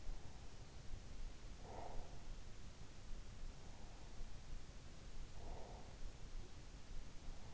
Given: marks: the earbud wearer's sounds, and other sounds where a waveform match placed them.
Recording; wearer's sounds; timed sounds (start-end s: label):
sounds in sleep by an in-ear microphone; breath
1.49-2.98 s: breath
5.17-6.40 s: breath